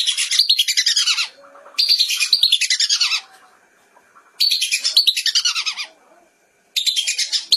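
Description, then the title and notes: Whistling duck calls in bursts of rapid, high twittering whistles, separated by short pauses. "Kicau Burung Belibis"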